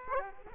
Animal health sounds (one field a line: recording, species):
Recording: mosquito wingbeat signal from an infrared sensor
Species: Aedes aegypti